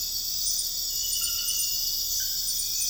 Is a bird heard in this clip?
no